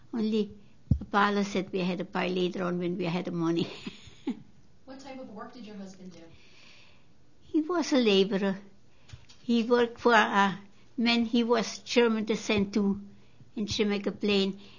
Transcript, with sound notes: Only the parlor set we had to buy later on when we had the money. (she laughs)
What type of work did your husband do?
He was a laborer. He worked for a man, he was of German descent, too, in Jamaica Plain.